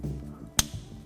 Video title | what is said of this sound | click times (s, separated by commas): 2016-19 Ford Explorer 8" Sync 3 to 8" Sync 4 Installation Guide - Infotainment | So just insert it and hear that click. | 0.6 s